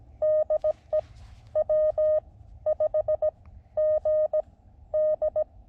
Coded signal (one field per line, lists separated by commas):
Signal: Morse code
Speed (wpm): 23 wpm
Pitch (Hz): 600 Hz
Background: none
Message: DE W5GD